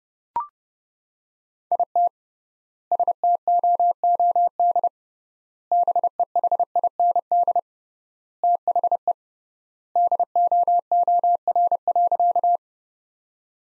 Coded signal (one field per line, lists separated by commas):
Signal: Morse code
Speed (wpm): 32 wpm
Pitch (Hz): 700 Hz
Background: none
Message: IT STOOD BEHIND THE DOOR.